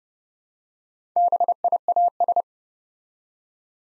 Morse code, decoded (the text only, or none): BIAS